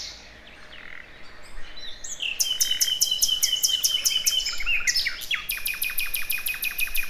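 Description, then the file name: Common nightingale song building from quiet notes into a long series of loud, evenly spaced, sharp repeated notes, then a second rapid run, over low background rumble. "Luscinia megarhynchos"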